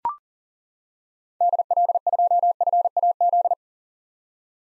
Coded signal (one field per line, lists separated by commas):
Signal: Morse code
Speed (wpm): 40 wpm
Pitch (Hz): 700 Hz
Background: none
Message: DL2FAZ